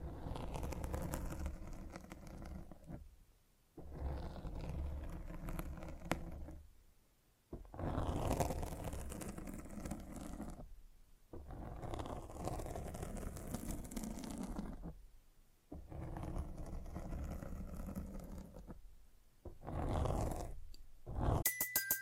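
Microphone scratching in long rough bursts, each a few seconds of dense, gritty rubbing that runs from low rumble up to bright hiss. The bursts are split by short silent gaps near 3.5, 7, 11, 15 and 19 seconds, ending in a clipped crackle.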